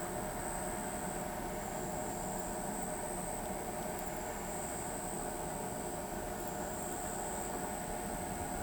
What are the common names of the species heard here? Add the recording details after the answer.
none. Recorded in pastures near Pivijay, Magdalena, Colombia, on 15 April 2023 at 20:30. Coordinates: 10.456, -74.369. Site P6-G026